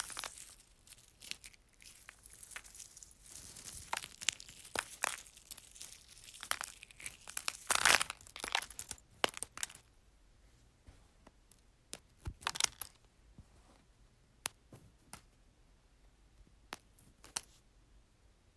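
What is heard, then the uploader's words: Dry crunching of eggshells with sharp, bright cracks and crinkly tearing sounds. The first ten seconds are dense and busy, peaking around eight seconds, then the crunches thin out into scattered single snaps over a quiet background. ASMR Crunching Eggs.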